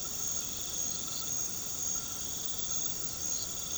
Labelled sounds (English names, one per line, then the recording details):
none
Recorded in pastures near Puerto Asís, Putumayo, Colombia, on 13 March 2025 at 20:30
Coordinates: 0.486, -76.323
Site G075